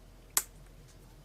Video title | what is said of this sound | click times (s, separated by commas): *GundamCustoms* RG Wing Gundam Zero - Part 2 | Snaps into place like so. | 0.4 s